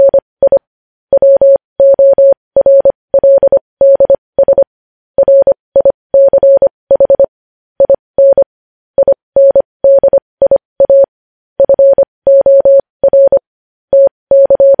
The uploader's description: Morse code